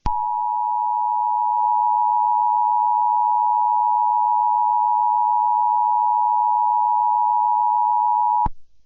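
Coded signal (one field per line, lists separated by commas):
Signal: Emergency Alert System (SAME) tones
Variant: 853 and 960 Hz attention tone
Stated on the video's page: Simulated EAS scenario, not a real alert.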